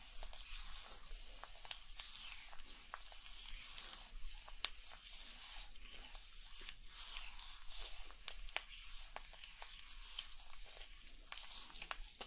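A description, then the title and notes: Oil massage and facial work with layered sounds: a steady, dense bed of bright, crackly hiss like sizzling, dotted throughout with quick sharp clicks and slick pops every fraction of a second. A faint low hum sits underneath the whole time. ASMR Sauna Spa Treatment Roleplay (Oil Massage & Facial w Layered Sounds).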